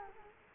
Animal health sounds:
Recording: mosquito wingbeat signal from an infrared sensor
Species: Culex quinquefasciatus

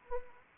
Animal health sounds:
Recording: mosquito wingbeat signal from an infrared sensor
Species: Anopheles arabiensis

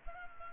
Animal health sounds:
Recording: mosquito wingbeat signal from an infrared sensor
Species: Culex pipiens

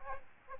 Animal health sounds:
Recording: mosquito wingbeat signal from an infrared sensor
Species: Aedes aegypti

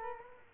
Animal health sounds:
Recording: mosquito wingbeat signal from an infrared sensor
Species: Culex quinquefasciatus

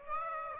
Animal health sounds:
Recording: mosquito wingbeat signal from an infrared sensor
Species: Aedes aegypti

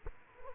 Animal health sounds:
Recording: mosquito wingbeat signal from an infrared sensor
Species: Culex quinquefasciatus

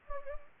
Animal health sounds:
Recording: mosquito wingbeat signal from an infrared sensor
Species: Anopheles gambiae

